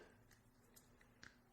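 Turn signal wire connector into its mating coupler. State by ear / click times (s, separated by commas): not seated / none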